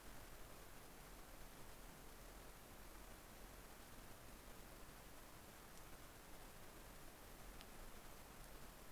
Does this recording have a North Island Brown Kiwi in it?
no